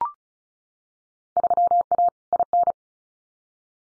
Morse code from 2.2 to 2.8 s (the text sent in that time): IN